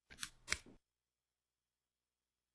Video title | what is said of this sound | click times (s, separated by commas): شرح وتوضيح طريقة الحقن الذاتي للريبيف | until up to one to three clicks are heard locking the syringe in the syringe housing | 0.1 s, 0.2 s, 0.5 s